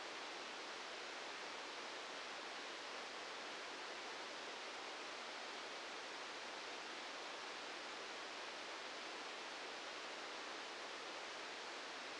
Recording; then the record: brain microelectrode recording played as sound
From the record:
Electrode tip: outside the subthalamic nucleus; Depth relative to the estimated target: -4 mm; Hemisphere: right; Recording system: NeuroSet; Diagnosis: Parkinson's disease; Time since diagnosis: 13 years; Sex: male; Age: 66 years